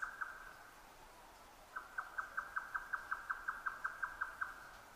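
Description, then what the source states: Grey nightjar song: two quick knocks, a short pause, then a long, even run of rapidly repeated hollow chuck notes. Recorded 12 June 2009 at 22:41.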